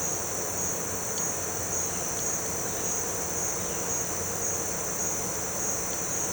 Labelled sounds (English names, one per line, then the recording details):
none
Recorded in pastures near Puerto Asís, Putumayo, Colombia, on 4 March 2025 at 17:30
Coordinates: 0.466, -76.322
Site CSA-02